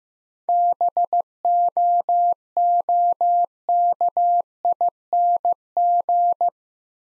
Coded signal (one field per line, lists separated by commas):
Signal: Morse code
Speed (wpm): 15 wpm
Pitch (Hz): 700 Hz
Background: none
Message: BOOKING